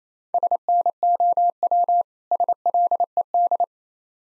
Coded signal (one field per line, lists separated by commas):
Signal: Morse code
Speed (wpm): 30 wpm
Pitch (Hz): 700 Hz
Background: none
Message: SNOW SLED